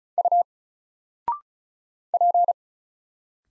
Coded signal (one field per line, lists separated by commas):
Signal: Morse code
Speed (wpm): 36 wpm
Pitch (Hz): 700 Hz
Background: none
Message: U P